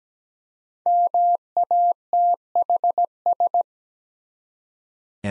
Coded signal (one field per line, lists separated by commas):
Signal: Morse code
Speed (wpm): 17 wpm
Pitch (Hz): 700 Hz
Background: none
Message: MATHS